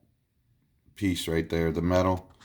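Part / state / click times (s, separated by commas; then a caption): valve stem seal onto valve guide of a motorcycle cylinder head / not seated / none. A rubber-and-metal valve stem seal is being handled at the metal valve guide of a pit bike (SSR 125) motorcycle cylinder head, ready to be pushed on. After near silence, someone talks from about 0.9 s to the end. Nothing has seated or clicked yet.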